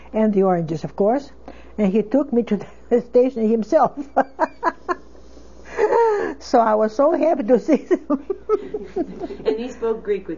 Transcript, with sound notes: And the oranges, of course. And he took me to the station himself. ( she laughs ) So I was so happy to see.
And he spoke Greek with you.